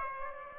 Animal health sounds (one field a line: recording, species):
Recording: mosquito wingbeat signal from an infrared sensor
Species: Aedes aegypti